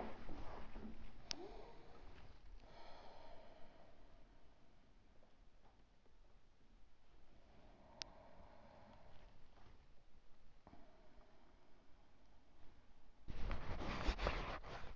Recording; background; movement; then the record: deep breathing; quiet; sitting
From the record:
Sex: female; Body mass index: 21.8 kg/m2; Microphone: on the chest, facing outward